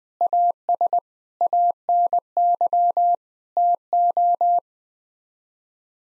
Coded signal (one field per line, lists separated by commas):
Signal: Morse code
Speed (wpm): 20 wpm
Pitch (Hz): 700 Hz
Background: none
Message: AS ANY TO